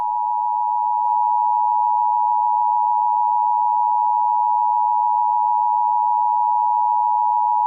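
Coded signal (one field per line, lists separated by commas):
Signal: Emergency Alert System (SAME) tones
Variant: 853 and 960 Hz attention tone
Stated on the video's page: Fictional EAS scenario.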